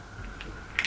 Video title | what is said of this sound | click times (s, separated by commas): Its easy to Install Sunglass Lenses! Watch how to do it for many different sunglass types! | and you should hear it pop into place | 0.8 s